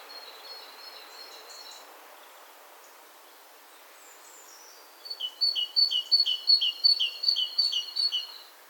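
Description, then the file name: Great tit song: a fast series of sharp two-note phrases in the second half, after soft high twittering. "Parus major"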